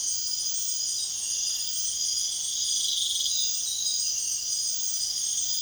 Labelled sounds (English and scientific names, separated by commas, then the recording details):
none
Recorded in pastures near Puerto Asís, Putumayo, Colombia, on 22 June 2025 at 23:30
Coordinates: 0.502, -76.324
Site G010